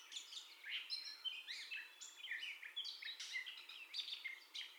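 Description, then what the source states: Gray catbird singing a continuous medley of scratchy, whistled and chattering notes in quick varied phrases, with a faint hiss beneath. First song, recorded 30 May 2021.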